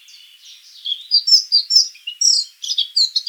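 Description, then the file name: Eurasian blackcap song: a jumbled, bright warble of quick varied high notes, soft at first and growing louder. "Sylvia atricapilla"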